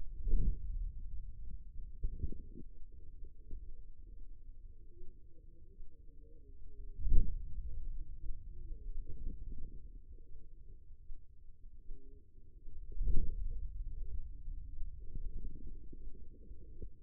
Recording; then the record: forearm muscle sounds (acoustic myography)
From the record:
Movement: hand closing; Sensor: system 2, bracelet of six BSWA MPA416 microphones around the upper forearm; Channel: 3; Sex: female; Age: 25 years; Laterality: right